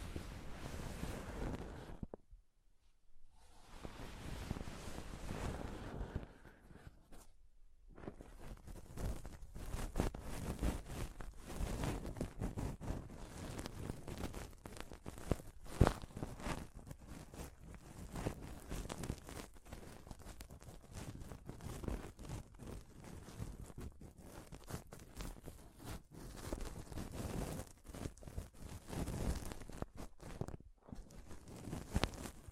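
Dense, continuous scratching and rubbing on a microphone, rough and crackly, with brief silent gaps near two and seven seconds and again near thirty-one.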